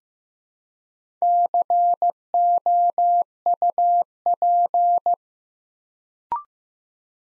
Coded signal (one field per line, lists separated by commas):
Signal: Morse code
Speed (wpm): 15 wpm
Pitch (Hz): 700 Hz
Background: none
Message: COUP